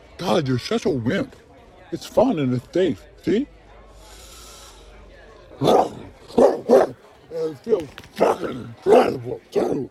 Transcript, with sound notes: God, you’re such a wimp! It’s fun, and it’s safe. See? *inhales* *barks* and it feels fucking incredible too.